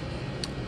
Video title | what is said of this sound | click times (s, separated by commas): Cheap Blowgun! Is it any good? | and seriously just drop it in a little click | 0.4 s